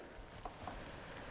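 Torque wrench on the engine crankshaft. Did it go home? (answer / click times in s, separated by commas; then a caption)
no / none. A torque wrench set to 15 turns over the rebuilt Range Rover engine by its crankshaft; two faint short ticks at about 0.5 s and 0.7 s rise over a low steady background. The wrench has not clicked, meaning the turning torque is under 15.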